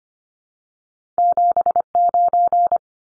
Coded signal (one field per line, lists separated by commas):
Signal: Morse code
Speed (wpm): 25 wpm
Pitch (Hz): 700 Hz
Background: none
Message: 79